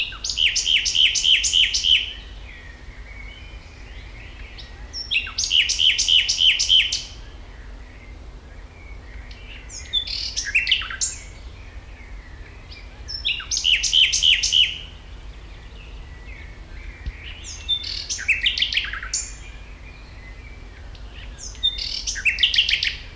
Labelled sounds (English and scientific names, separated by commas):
Common Nightingale (Luscinia megarhynchos)